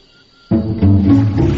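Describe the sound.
Bear growl: a sudden low, rough rumbling vocalisation starts after a brief quiet moment and continues steadily, with a short break, until the end.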